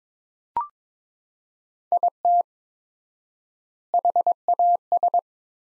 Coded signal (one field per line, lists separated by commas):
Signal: Morse code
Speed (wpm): 22 wpm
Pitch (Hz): 700 Hz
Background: none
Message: IT HAS